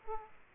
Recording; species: mosquito wingbeat signal from an infrared sensor; Aedes aegypti